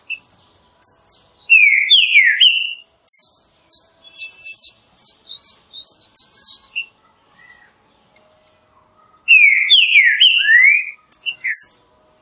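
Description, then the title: Green-winged saltator song of loud slurred whistles falling in pitch, followed by thin high twittering notes, then the whistled phrase repeated after a quiet gap. Classic song used for song training. "Canto Clássico Trinca Ferro TREINAMENTO"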